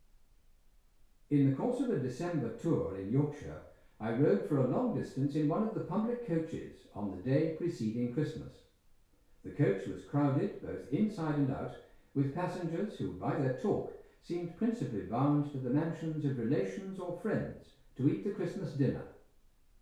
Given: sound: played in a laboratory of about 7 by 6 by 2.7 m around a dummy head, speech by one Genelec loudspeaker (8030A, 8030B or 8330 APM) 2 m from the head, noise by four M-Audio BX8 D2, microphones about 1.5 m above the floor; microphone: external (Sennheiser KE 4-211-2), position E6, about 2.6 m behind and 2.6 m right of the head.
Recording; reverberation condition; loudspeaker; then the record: male speech in English; medium; 120 degrees to the right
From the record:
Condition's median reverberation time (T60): about 510 ms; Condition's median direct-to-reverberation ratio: about -0.5 dB